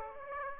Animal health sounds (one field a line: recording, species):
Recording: mosquito wingbeat signal from an infrared sensor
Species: Aedes aegypti